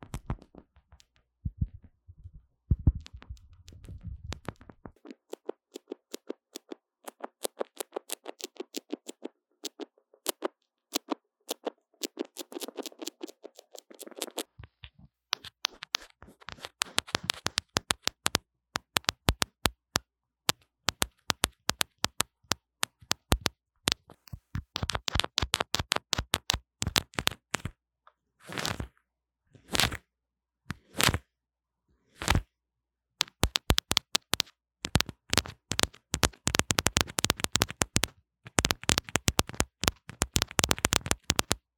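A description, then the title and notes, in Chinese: Popping candy crackles against a wired microphone, a stream of sharp snaps and ticks that thins and thickens unevenly. The first fifteen seconds sound thinner and lighter, without low body; later the pops come in louder, denser bursts separated by short silent gaps. ASMR 各種玩弄線麥-跳跳糖 | Lo-fi Earphone Mic | Lo-fi | No Talking。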